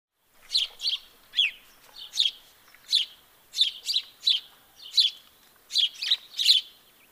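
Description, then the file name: House sparrow chirping, a series of harsh chirps, some doubled, with short gaps between. "Passer domesticus"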